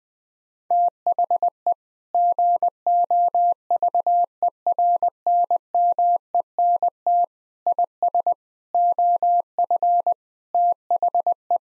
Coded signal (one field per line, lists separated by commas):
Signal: Morse code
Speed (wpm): 21 wpm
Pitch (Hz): 700 Hz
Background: none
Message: THE GOVERNMENT IS OF THE